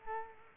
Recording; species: mosquito wingbeat signal from an infrared sensor; Culex quinquefasciatus